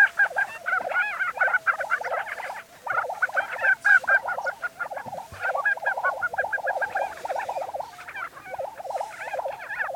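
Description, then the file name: Lesser prairie chickens in a steady chorus of gobbling cackles and squeaky yips, several birds calling over one another. Recorded 20 April 2013. "2013-04-20 Lesser Prairie Chicken"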